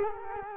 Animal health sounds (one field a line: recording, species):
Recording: mosquito wingbeat signal from an infrared sensor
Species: Culex quinquefasciatus